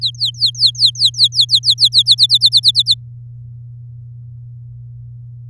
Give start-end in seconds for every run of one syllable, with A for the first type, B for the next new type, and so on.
0.01-2.15 A, 2.18-2.94 B